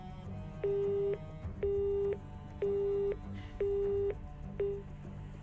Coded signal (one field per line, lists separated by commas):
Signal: telephone call progress tone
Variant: Japan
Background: music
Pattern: busy tone